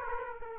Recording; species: mosquito wingbeat signal from an infrared sensor; Aedes aegypti